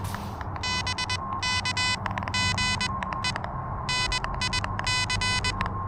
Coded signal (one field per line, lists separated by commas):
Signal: Morse code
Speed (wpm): 21 wpm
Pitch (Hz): 3000 Hz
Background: none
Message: BK GE NIC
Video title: Elecraft KH1: A little back yard pedestrian mobile POTA hunting